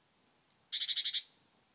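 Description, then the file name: Great tit churring call: a single high thin note, then a buzzy rattled chatter of about six quick pulses, over a quiet background. "Parus major"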